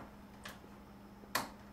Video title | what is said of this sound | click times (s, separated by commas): How to: Build a Gaming PC - Achilles | They should snap right in. | 0.5 s, 1.3 s